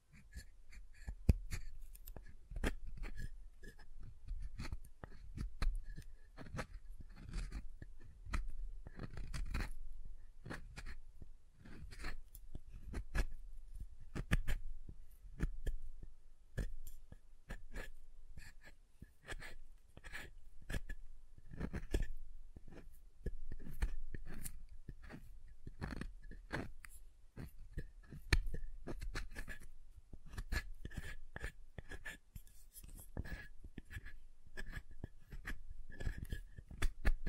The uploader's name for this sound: SoftHard Soap Tapping and Carving